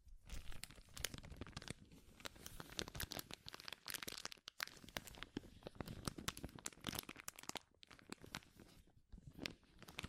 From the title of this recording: Powerful Crinkles